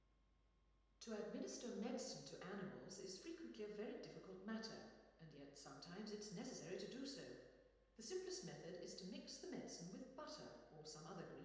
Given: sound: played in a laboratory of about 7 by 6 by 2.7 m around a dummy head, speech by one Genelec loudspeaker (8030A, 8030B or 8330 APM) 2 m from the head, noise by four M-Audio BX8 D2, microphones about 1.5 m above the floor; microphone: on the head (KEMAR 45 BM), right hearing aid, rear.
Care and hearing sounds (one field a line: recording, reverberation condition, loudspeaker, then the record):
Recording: female speech in English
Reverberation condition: high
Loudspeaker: 120 degrees to the right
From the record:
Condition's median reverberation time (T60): about 1300 ms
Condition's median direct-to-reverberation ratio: about -4.0 dB